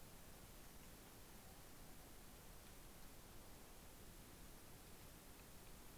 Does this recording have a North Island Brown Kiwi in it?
no